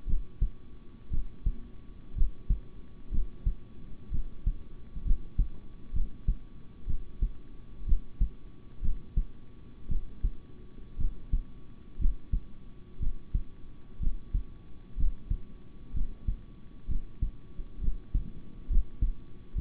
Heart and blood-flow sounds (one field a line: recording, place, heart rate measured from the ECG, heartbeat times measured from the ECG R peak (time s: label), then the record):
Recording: heart sounds by stethoscope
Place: between the tricuspid and mitral areas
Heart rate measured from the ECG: 62 bpm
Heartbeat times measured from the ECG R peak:
0.06 s: heartbeat
1.10 s: heartbeat
2.15 s: heartbeat
3.11 s: heartbeat
4.11 s: heartbeat
5.04 s: heartbeat
5.92 s: heartbeat
6.86 s: heartbeat
7.86 s: heartbeat
8.81 s: heartbeat
9.88 s: heartbeat
10.97 s: heartbeat
11.98 s: heartbeat
12.99 s: heartbeat
13.99 s: heartbeat
14.96 s: heartbeat
15.93 s: heartbeat
16.87 s: heartbeat
17.80 s: heartbeat
18.68 s: heartbeat
19.54 s: heartbeat
From the record:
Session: rest, sitting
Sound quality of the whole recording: good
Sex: male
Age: 26 years